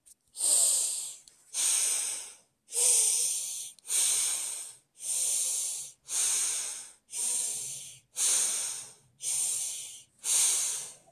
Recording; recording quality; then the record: deep breathing; excellent, no background noise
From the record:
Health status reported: healthy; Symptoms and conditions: none ticked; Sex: male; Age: 25 years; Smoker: not ticked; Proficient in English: yes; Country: India